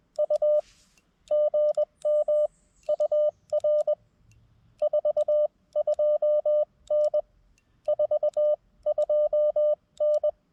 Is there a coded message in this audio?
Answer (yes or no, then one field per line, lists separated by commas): yes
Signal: Morse code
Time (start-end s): 0.2-10.3 s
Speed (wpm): 20 wpm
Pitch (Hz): 600 Hz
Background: none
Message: U GM UR 42N 42N